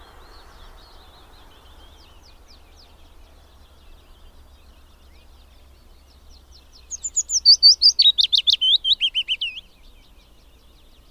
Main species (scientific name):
Phylloscopus trochilus